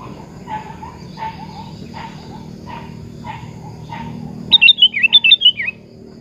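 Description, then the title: Sooty-headed bulbul song: a loud, fast, bubbly phrase of chirpy notes that drop in pitch, after soft lower notes repeated about every 0.7 seconds, over a low background hum. "Kutilang"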